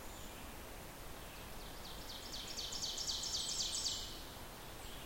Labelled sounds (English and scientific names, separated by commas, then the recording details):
Ovenbird (Seiurus aurocapilla) song
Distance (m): 75 m
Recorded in boreal forest in Alberta, Canada, on 14 June 2016 at 05:40
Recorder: SongMeter 3, array SBT-3-33
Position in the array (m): 124 m, 22 m
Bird 21